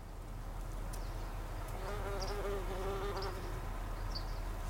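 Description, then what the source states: Bumblebee buzz, a deep hum that brightens into a clear droning whine midway, then settles back, with faint high chirps. Recorded 26 August 2012.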